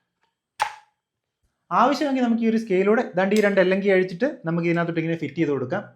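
A plastic dust/waste outlet is pushed into the base of an iBall jigsaw, right after the blade has been locked in. A faint tick at 0.2 s is followed by a sharp, loud snap at 0.6 s as the outlet seats in place. Someone then talks from about 1.7 s to the end.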